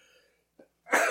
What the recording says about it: I got to sneeze. I sneeze violently, man. People think every time at work, they're like, I don't know if you coughed or not.